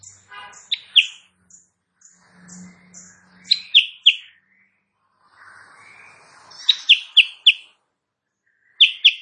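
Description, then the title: Sooty-headed bulbul song: short bursts of two to five sharp, down-slurred chirps, repeated several times, with thin high whistles in between. Sooty-headed bulbul (Kutilang Sutra) singing energetically (gacor) in the morning; used as a master recording for training songbirds and said to make rival birds answer. "Masteran Kutilang Sutra. Kutilang Sutra GACOR pagi hari bikin lawannya AUTO NYAUT"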